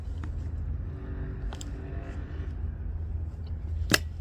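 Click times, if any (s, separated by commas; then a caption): 3.9 s. A charging cable's plug is pushed one-handed into the charging port of a Volvo XC40 BEV over a steady low rumble, with a few faint taps and rattles near 0.2 s and 1.6 s. A loud, sharp click at 4.0 s marks the plug latching into the port, and the port light then turns yellow.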